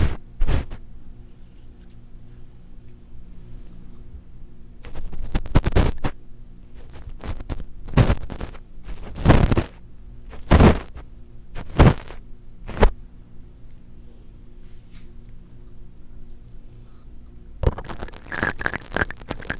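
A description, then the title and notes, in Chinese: An eyelash brush makes short, crisp scratching strokes over a steady low hum. Single strokes land near the start, then cluster between about five and thirteen seconds. From around seventeen seconds, a denser, continuous bristly rustling runs to the end. 睫毛刷的刺激聲音。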